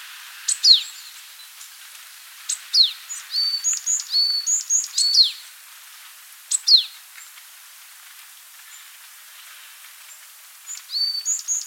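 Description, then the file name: Varied tit calling in short bursts of high, thin notes, some sliding downward, separated by pauses of a second or more, with a quiet hiss behind. "Parus varius"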